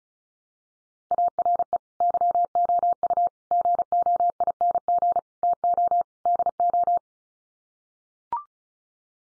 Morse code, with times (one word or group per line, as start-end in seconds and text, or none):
1.1-1.8 ARE
2.0-3.3 YOU
3.5-5.2 GOING
5.4-6.0 TO
6.3-7.0 DO